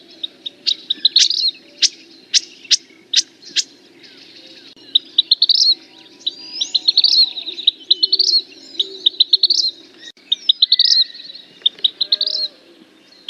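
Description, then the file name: Vermilion flycatcher song: a series of loud, separate high chips, then rapid tinkling stuttered phrases that rise and repeat several times, steady low hum behind. "Canto do passaro principe"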